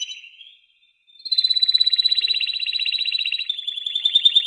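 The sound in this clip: Domestic canary giving a brief high note, a short silence, then a long buzzy pulsing trill that shifts near the end.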